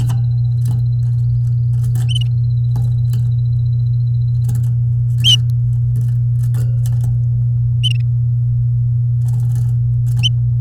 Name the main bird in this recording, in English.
Domestic Canary